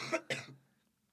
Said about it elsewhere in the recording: I'm going to cough. Here's my illness, which is probably brought on by my meat and dairy consumption.